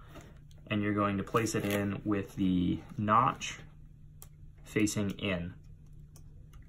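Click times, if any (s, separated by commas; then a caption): 6.2 s. Someone talks while a SIM card, metal contacts facing up and notch facing in, is pushed into the spring-loaded SIM slot of a Mofi 4500-4GxLTE cellular modem/router. The card clicks and latches at about 6.2 s, seated with about an eighth of an inch still sticking out.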